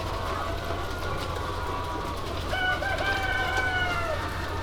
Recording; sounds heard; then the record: poultry house recording; healthy chickens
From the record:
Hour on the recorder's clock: 0